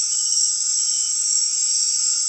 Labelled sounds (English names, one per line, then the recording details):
none
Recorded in dense forest near Puerto Asís, Putumayo, Colombia, on 20 February 2024 at 21:30
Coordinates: 0.502, -76.326
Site G6460